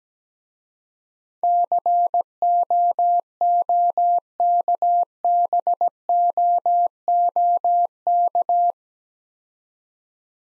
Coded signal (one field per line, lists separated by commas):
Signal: Morse code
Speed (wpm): 17 wpm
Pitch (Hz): 700 Hz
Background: none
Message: COOKBOOK